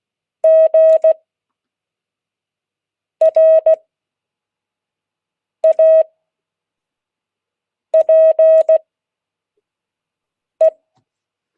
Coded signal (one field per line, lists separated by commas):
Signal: Morse code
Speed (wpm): 16 wpm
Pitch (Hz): 640 Hz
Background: none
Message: GRAPE